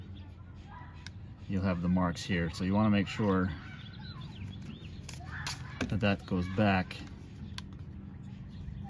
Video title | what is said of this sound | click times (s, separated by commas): Volvo Blinker Switch repair procedure for P2 Volvo, XC90 XC70 S60 S80 V50 V70 S40 C70 | and snaps into place | 7.6 s